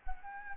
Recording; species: mosquito wingbeat signal from an infrared sensor; Anopheles gambiae